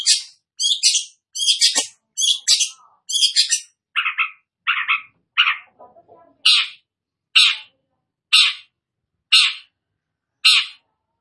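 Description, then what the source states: Long-tailed shrike singing grating double notes, then lower rasping chirps and evenly spaced sharp calls roughly once a second. Singing vigorously (gacor).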